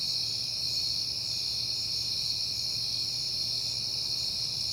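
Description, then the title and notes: Crickets keep up an even, high-pitched chirping chorus without breaks, a low steady hum in the background. Crickets on a peaceful night in September. "Night Time: Crickets and Passing Cars. It is September and I have been hearing the crickets a lot"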